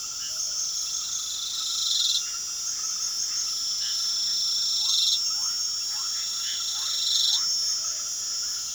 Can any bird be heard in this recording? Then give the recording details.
no. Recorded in pastures near Puerto Asís, Putumayo, Colombia, on 12 March 2025 at 22:30. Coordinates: 0.497, -76.327. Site G072